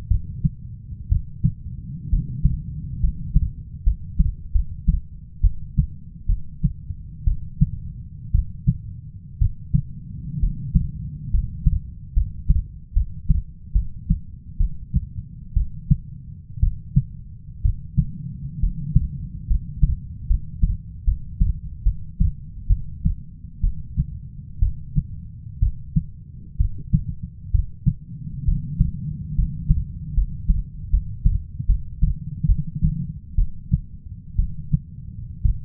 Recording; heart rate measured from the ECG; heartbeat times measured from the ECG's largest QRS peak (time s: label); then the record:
heart sounds by stethoscope; 66 bpm
0.08 s: heartbeat
1.09 s: heartbeat
2.10 s: heartbeat
3.01 s: heartbeat
3.84 s: heartbeat
4.52 s: heartbeat
5.41 s: heartbeat
6.27 s: heartbeat
7.25 s: heartbeat
8.32 s: heartbeat
9.39 s: heartbeat
10.40 s: heartbeat
11.31 s: heartbeat
12.14 s: heartbeat
12.93 s: heartbeat
13.73 s: heartbeat
14.58 s: heartbeat
15.54 s: heartbeat
16.60 s: heartbeat
17.62 s: heartbeat
18.60 s: heartbeat
19.47 s: heartbeat
20.27 s: heartbeat
21.05 s: heartbeat
21.83 s: heartbeat
22.67 s: heartbeat
23.61 s: heartbeat
24.60 s: heartbeat
25.60 s: heartbeat
26.58 s: heartbeat
27.52 s: heartbeat
28.45 s: heartbeat
29.35 s: heartbeat
30.14 s: heartbeat
30.90 s: heartbeat
31.66 s: heartbeat
32.46 s: heartbeat
33.36 s: heartbeat
34.36 s: heartbeat
35.43 s: heartbeat
From the record:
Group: healthy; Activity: rest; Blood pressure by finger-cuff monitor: 141/66 mmHg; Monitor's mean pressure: 90 mmHg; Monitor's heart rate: 64 bpm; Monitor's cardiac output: 6.5 L/min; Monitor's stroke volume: 102 mL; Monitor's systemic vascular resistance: 1000 dyn s/cm5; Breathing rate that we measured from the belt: 7 breaths a minute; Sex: female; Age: 37 years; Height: 168 cm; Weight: 70 kg